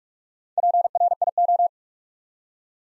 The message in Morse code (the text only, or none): PRIO